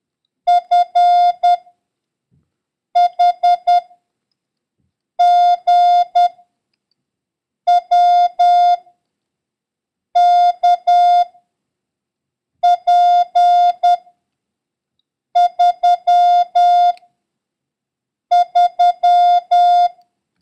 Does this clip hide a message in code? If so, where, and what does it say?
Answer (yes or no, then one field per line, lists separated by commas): yes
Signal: Morse code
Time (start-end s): 0.5-19.9 s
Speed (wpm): 10 wpm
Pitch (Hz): 710 Hz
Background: music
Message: F H G W K P 3 3